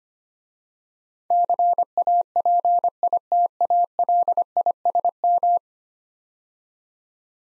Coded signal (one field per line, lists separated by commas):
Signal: Morse code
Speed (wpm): 25 wpm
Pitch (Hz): 700 Hz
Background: none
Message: CAPITALISM